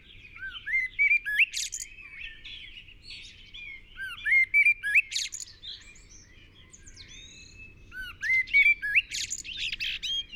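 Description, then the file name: Eurasian blackbird whistling mellow, slurred phrases in bursts every few seconds, with sharp high chirps and twitters. "Turdus merula"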